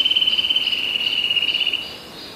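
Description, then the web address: Eurasian nuthatch trill: a very rapid, even series of high whistled notes on one pitch, lasting nearly two seconds before fading. Fastest trills. "kowalik kowaliknajszybszetryle"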